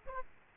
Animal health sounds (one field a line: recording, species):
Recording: mosquito wingbeat signal from an infrared sensor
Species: Aedes aegypti